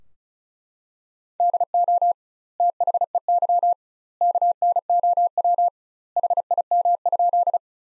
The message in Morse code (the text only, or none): DO THEY KNOW HIM?